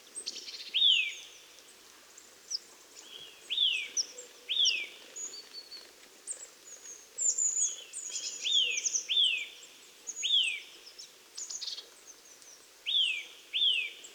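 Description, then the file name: Eurasian nuthatch giving repeated falling whistled notes, some in pairs or trios, over a busy chorus of thin, high songbird notes. "Sitta europaea"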